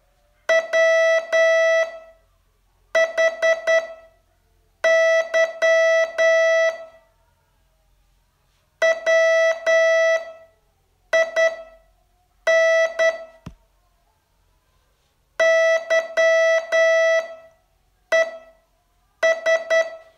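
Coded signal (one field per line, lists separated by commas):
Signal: Morse code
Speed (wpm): 10 wpm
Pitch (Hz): 650 Hz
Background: none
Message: WHY WIN YES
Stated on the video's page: Morse training test from day 36 of a 42-day course.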